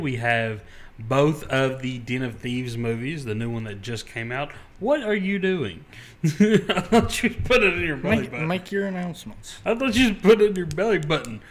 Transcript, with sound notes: We have both of the Den of Thieves movies, the new one that just came out. What are you doing? (laughs) I thought you put it in your belly button. Make your announcements. I thought you just put it in your belly button.